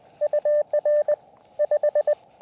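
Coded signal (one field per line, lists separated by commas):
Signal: Morse code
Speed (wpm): 25 wpm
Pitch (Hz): 600 Hz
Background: none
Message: UR 5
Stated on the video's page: CW during a summit (SOTA) activation, sent with a Zippy Paddle on an Elecraft KX2.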